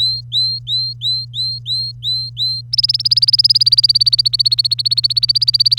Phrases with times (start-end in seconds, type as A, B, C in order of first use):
0.00-2.61 A, 2.73-5.78 B